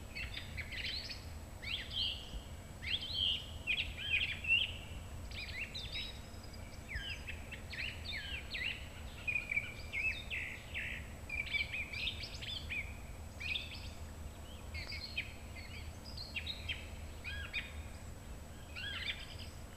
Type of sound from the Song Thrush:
song